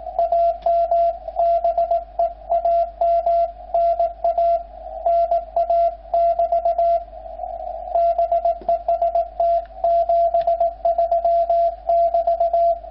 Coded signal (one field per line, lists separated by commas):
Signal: Morse code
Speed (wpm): 20 wpm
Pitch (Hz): 680 Hz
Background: radio noise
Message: AM BEAM NA NA<BT> BEST 73<BT>